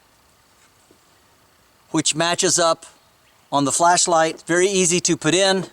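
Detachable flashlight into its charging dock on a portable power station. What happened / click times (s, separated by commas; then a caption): The light is being lined up with its dock and has not yet latched / none. The detachable flashlight of an Anker SOLIX C800 Plus portable power station is lined up on the two charging pins of its charging dock while someone talks, after nearly two seconds of near silence. Nothing has seated or clicked yet; the flashlight is not yet locked into place.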